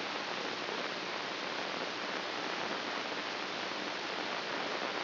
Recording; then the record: brain microelectrode recording played as sound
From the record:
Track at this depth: inside the subthalamic nucleus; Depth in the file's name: 2.722 mm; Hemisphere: right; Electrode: 2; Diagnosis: Parkinson's disease